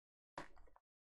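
The plastic seat cushion of a 1961 E-Type Jaguar 1:8 scale Agora Models car is pushed front first into the seat frame so its lugs go through. A sharp click at 0.4 s is followed by brief scraping and a faint tick near 0.8 s. The cushion is seated.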